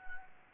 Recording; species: mosquito wingbeat signal from an infrared sensor; Anopheles gambiae